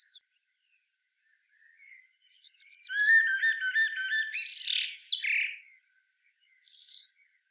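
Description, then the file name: Common blackbird phrase: a few soft faint notes, then a rapid series of repeated notes running into a loud, squeaky high twitter, with a faint note after. "Turdus merula"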